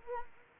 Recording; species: mosquito wingbeat signal from an infrared sensor; Anopheles arabiensis